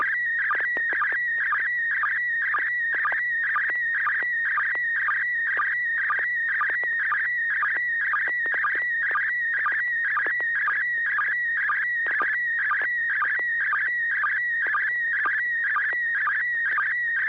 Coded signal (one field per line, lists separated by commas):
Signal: SSTV (slow-scan television)